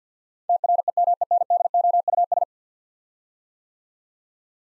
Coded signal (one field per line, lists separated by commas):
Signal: Morse code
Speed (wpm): 50 wpm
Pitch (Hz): 700 Hz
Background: none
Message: TREMENDOUS